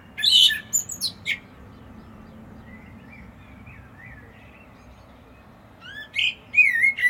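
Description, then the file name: Common blackbird song: twittery high notes open, a soft warbled passage follows, then another phrase with loud fluty and squeaky notes closes. "Turdus merula"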